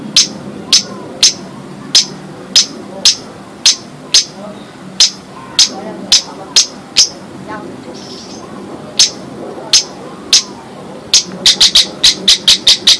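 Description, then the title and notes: Bird calls as sharp high clicks repeated at a steady pace, ending in a quick run of clustered notes. "Bird Sound. Kicau Burung Lengkap"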